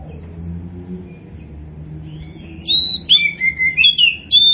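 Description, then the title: Oriental magpie-robin song: after a quiet start with low rumble, a sudden phrase of clear, slurred whistles sliding up and down, delivered in quick bursts. Poci-type Oriental magpie-robin singing continuously and vigorously (gacor). "Kacer Poci"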